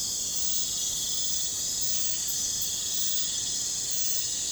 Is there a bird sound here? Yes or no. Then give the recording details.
no. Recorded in pastures near Puerto Asís, Putumayo, Colombia, on 21 December 2024 at 01:30. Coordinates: 0.466, -76.322. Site G040